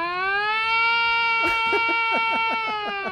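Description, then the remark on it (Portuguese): A voice imitates an ambulance siren, a loud, steady, wailing tone held for about three seconds with a slight pitch drift, while another voice chatters briefly underneath toward the end. “Eu sei até fazer sirene, ó.”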